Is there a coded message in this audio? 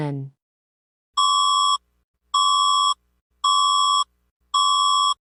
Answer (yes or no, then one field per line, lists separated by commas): no